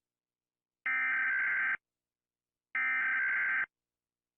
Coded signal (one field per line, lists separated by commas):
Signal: Emergency Alert System (SAME) tones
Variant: header bursts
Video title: Reacting to EAS alarms not my channel